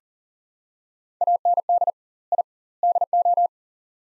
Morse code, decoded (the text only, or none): AND I DO